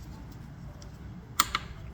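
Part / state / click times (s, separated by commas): wiring harness connector onto charge air temperature sensor / seated / 1.4 s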